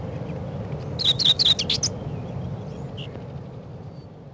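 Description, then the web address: Common whitethroat song: a single short, scratchy, chattering warble of about one second, followed by a faint lone note, over a low steady background hum. Spring. "vremena vesna 25 slavka seraja"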